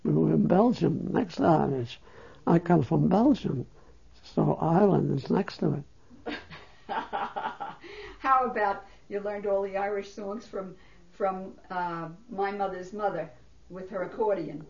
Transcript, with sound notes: We were in Belgium, next to the Irish. I come from Belgium, so Ireland is next to it.
(she laughs) How about, you learned all the Irish songs from my mother's mother with her accordion.